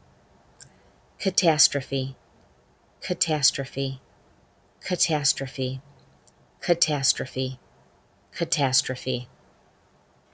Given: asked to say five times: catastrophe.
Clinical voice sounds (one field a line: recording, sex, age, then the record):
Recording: repeated word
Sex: female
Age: 50 to 59 years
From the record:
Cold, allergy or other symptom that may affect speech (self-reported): no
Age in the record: 51 years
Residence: Arizona, United States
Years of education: 14